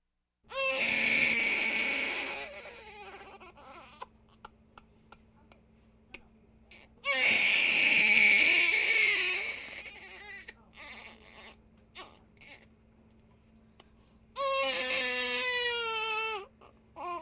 Baby Crying.